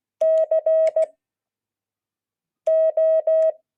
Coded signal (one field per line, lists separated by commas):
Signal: Morse code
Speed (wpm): 16 wpm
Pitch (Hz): 630 Hz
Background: none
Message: CO